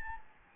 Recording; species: mosquito wingbeat signal from an infrared sensor; Anopheles gambiae